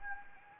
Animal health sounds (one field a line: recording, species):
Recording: mosquito wingbeat signal from an infrared sensor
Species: Anopheles gambiae